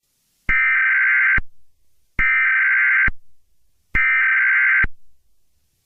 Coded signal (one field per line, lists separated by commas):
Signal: Emergency Alert System (SAME) tones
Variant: header bursts